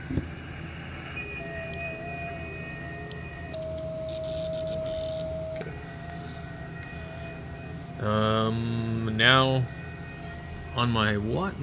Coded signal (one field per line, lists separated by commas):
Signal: FT8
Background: speech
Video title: ft8 on xiegu x6100 ham radio battery power 5w